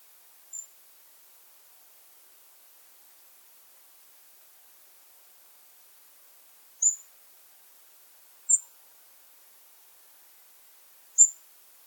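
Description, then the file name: European robin giving thin, very high single call notes, four short separated notes spaced irregularly over about eleven seconds, otherwise quiet. "Erithacus rubecula"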